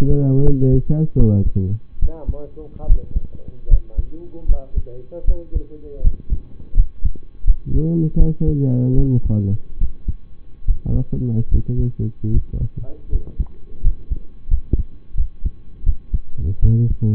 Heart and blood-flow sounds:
heart sounds by stethoscope; between the tricuspid and mitral areas; 78 bpm
0.43 s: heartbeat
1.16 s: heartbeat
1.99 s: heartbeat
2.86 s: heartbeat
3.67 s: heartbeat
4.46 s: heartbeat
5.24 s: heartbeat
6.01 s: heartbeat
6.74 s: heartbeat
7.44 s: heartbeat
8.16 s: heartbeat
8.94 s: heartbeat
9.78 s: heartbeat
10.64 s: heartbeat
11.48 s: heartbeat
12.31 s: heartbeat
13.09 s: heartbeat
13.81 s: heartbeat
14.48 s: heartbeat
15.15 s: heartbeat
15.83 s: heartbeat
16.59 s: heartbeat
From the record:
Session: rest, lying down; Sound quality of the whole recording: partially saturated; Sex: male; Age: 25 years

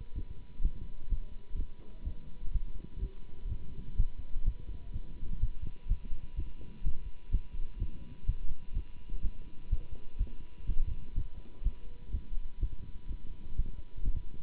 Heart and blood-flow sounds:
heart sounds by stethoscope; between the tricuspid and mitral areas; 125 bpm
0.14 s: heartbeat
0.61 s: heartbeat
1.09 s: heartbeat
1.56 s: heartbeat
2.04 s: heartbeat
2.52 s: heartbeat
3.00 s: heartbeat
3.48 s: heartbeat
3.96 s: heartbeat
4.44 s: heartbeat
4.92 s: heartbeat
5.40 s: heartbeat
5.88 s: heartbeat
6.35 s: heartbeat
6.83 s: heartbeat
7.31 s: heartbeat
7.78 s: heartbeat
8.26 s: heartbeat
8.73 s: heartbeat
9.21 s: heartbeat
9.69 s: heartbeat
10.17 s: heartbeat
10.66 s: heartbeat
11.14 s: heartbeat
11.63 s: heartbeat
12.11 s: heartbeat
12.59 s: heartbeat
13.07 s: heartbeat
13.55 s: heartbeat
14.04 s: heartbeat
From the record:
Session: Bruce protocol treadmill stress test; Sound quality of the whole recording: good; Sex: male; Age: 24 years

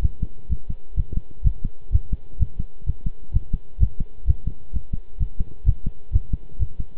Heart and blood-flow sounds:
heart sounds by stethoscope; between the tricuspid and mitral areas; 128 bpm
0.02 s: heartbeat
0.49 s: heartbeat
0.96 s: heartbeat
1.44 s: heartbeat
1.92 s: heartbeat
2.39 s: heartbeat
2.86 s: heartbeat
3.33 s: heartbeat
3.80 s: heartbeat
4.27 s: heartbeat
4.73 s: heartbeat
5.19 s: heartbeat
5.66 s: heartbeat
6.12 s: heartbeat
6.59 s: heartbeat
From the record:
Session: pedaling a stationary bicycle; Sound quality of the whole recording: good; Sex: male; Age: 23 years

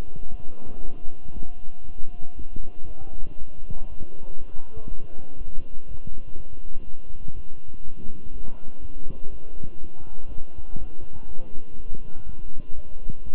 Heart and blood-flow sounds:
heart sounds by stethoscope; between the tricuspid and mitral areas; 121 bpm
0.30 s: heartbeat
0.81 s: heartbeat
1.33 s: heartbeat
1.84 s: heartbeat
2.36 s: heartbeat
2.86 s: heartbeat
3.37 s: heartbeat
3.88 s: heartbeat
4.37 s: heartbeat
4.87 s: heartbeat
5.37 s: heartbeat
5.87 s: heartbeat
6.36 s: heartbeat
6.85 s: heartbeat
7.34 s: heartbeat
7.83 s: heartbeat
8.32 s: heartbeat
8.81 s: heartbeat
9.30 s: heartbeat
9.79 s: heartbeat
10.28 s: heartbeat
10.77 s: heartbeat
11.27 s: heartbeat
11.76 s: heartbeat
12.25 s: heartbeat
12.74 s: heartbeat
13.24 s: heartbeat
From the record:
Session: walking at 3.7 km/h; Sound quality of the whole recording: good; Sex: male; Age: 23 years

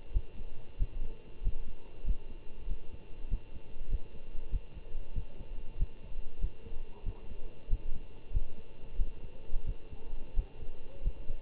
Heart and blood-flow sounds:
heart sounds by stethoscope; between the tricuspid and mitral areas; 94 bpm
0.12 s: heartbeat
0.77 s: heartbeat
1.42 s: heartbeat
2.04 s: heartbeat
2.67 s: heartbeat
3.29 s: heartbeat
3.89 s: heartbeat
4.50 s: heartbeat
5.13 s: heartbeat
5.77 s: heartbeat
6.39 s: heartbeat
7.04 s: heartbeat
7.68 s: heartbeat
8.31 s: heartbeat
8.96 s: heartbeat
9.65 s: heartbeat
10.34 s: heartbeat
11.02 s: heartbeat
From the record:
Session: Bruce protocol treadmill stress test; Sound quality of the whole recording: good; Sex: male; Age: 25 years

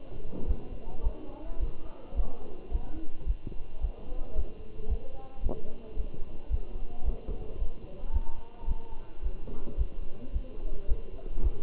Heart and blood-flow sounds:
heart sounds by stethoscope; between the tricuspid and mitral areas; 110 bpm
0.48 s: heartbeat
1.05 s: heartbeat
1.61 s: heartbeat
2.17 s: heartbeat
2.73 s: heartbeat
3.28 s: heartbeat
3.82 s: heartbeat
4.37 s: heartbeat
4.90 s: heartbeat
5.44 s: heartbeat
5.98 s: heartbeat
6.52 s: heartbeat
7.06 s: heartbeat
7.60 s: heartbeat
8.14 s: heartbeat
8.69 s: heartbeat
9.24 s: heartbeat
9.79 s: heartbeat
10.34 s: heartbeat
10.90 s: heartbeat
11.44 s: heartbeat
From the record:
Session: Bruce protocol treadmill stress test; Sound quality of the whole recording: good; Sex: male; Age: 27 years

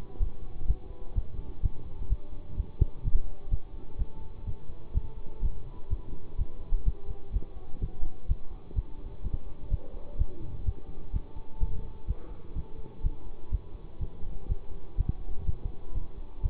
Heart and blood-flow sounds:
heart sounds by stethoscope; between the tricuspid and mitral areas; 126 bpm
0.18 s: heartbeat
0.66 s: heartbeat
1.13 s: heartbeat
1.61 s: heartbeat
2.08 s: heartbeat
2.55 s: heartbeat
3.02 s: heartbeat
3.49 s: heartbeat
3.97 s: heartbeat
4.45 s: heartbeat
4.92 s: heartbeat
5.40 s: heartbeat
5.88 s: heartbeat
6.36 s: heartbeat
6.83 s: heartbeat
7.31 s: heartbeat
7.79 s: heartbeat
8.26 s: heartbeat
8.74 s: heartbeat
9.22 s: heartbeat
9.69 s: heartbeat
10.16 s: heartbeat
10.64 s: heartbeat
11.11 s: heartbeat
11.58 s: heartbeat
12.06 s: heartbeat
12.54 s: heartbeat
13.01 s: heartbeat
13.50 s: heartbeat
13.98 s: heartbeat
14.47 s: heartbeat
14.96 s: heartbeat
15.44 s: heartbeat
15.93 s: heartbeat
16.41 s: heartbeat
From the record:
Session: bicycle stress test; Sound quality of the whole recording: good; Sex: male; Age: 24 years

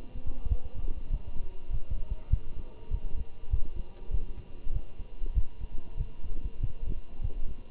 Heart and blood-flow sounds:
heart sounds by stethoscope; between the tricuspid and mitral areas; 98 bpm
0.50 s: heartbeat
1.11 s: heartbeat
1.71 s: heartbeat
2.31 s: heartbeat
2.91 s: heartbeat
3.51 s: heartbeat
4.11 s: heartbeat
4.73 s: heartbeat
5.35 s: heartbeat
5.98 s: heartbeat
6.61 s: heartbeat
7.22 s: heartbeat
From the record:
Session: walking at 3.7 km/h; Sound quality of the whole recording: good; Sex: male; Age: 23 years

